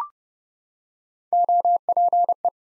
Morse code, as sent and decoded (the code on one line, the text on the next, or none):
--- .--. .
OPE